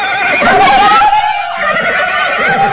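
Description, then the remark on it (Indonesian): Loud, shrill horse whinnying fills nearly three seconds, a dense wavering harmonic cry that dips briefly in the middle before surging again, with no speech, as horses carrying riders approach. “Tetapi, sepeninggalnya anak Indian itu, tiba-tiba Afayo dan Afila dikejutkan oleh suara para penunggang kuda yang mendatangi mereka sambil menggeritkan pekik peperangan.”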